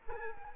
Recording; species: mosquito wingbeat signal from an infrared sensor; Culex quinquefasciatus